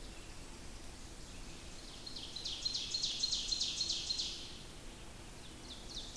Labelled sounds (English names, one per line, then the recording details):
Ovenbird song
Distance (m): 70 m
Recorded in boreal forest in Alberta, Canada, on 28 May 2016 at 06:17
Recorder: SongMeter 3, array SBT-3-49
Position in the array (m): 77 m, 237 m
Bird 14